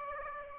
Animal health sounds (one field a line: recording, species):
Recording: mosquito wingbeat signal from an infrared sensor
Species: Aedes aegypti